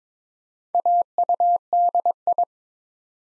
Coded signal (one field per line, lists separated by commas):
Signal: Morse code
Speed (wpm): 22 wpm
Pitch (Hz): 700 Hz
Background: none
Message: AUDI